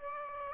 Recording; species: mosquito wingbeat signal from an infrared sensor; Aedes aegypti